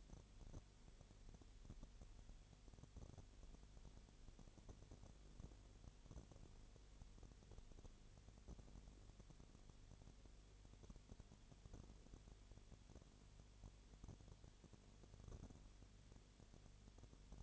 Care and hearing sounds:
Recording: daily activity, microphone in the room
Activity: no activity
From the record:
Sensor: 4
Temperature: 22.6 degrees Celsius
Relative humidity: 32.0%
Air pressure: 1008.1 hPa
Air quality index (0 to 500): 113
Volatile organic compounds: 2 ppm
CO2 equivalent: 1102 ppm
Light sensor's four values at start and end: 2/3/1/1 and 2/3/1/1

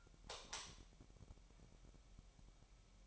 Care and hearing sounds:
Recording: daily activity, microphone in the room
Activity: light off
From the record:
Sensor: 1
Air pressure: 1002.0 hPa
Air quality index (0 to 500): 244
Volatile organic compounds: 48 ppm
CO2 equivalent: 3273 ppm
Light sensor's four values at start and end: 9/23/9/11 and 5/11/4/5

